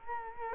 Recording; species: mosquito wingbeat signal from an infrared sensor; Culex quinquefasciatus